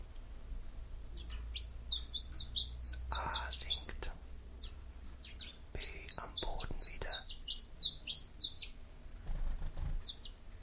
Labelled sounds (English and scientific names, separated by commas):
Common Chiffchaff (Phylloscopus collybita) song